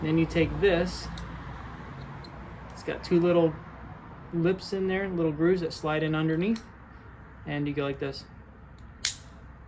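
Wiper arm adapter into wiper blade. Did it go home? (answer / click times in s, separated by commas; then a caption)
yes / 9.1 s. A wiper arm adapter for a 2022–2026 Toyota Tundra has its two little lips slid into the grooves of a new wiper blade and is pushed home while someone talks. One sharp click at 9.1 s marks the adapter snapping into place, seated in the blade.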